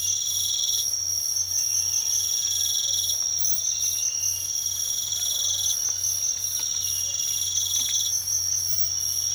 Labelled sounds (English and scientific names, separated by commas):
none